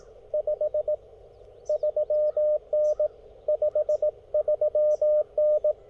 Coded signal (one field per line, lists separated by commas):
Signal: Morse code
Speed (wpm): 20 wpm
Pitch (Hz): 600 Hz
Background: radio noise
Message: 5 3N 53N